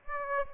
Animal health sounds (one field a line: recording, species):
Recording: mosquito wingbeat signal from an infrared sensor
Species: Aedes aegypti